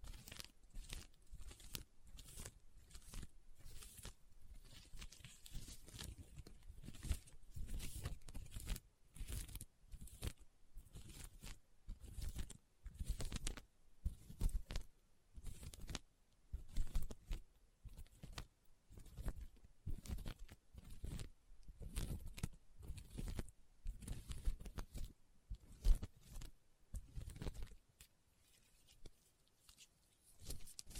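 Leather tapping and scratching, heard as a steady run of short, sharp taps and rubbing strokes that reach from a low thud up to a bright crisp edge. The taps come several per second in irregular bunches, with brief quiet gaps between.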